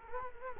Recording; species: mosquito wingbeat signal from an infrared sensor; Culex quinquefasciatus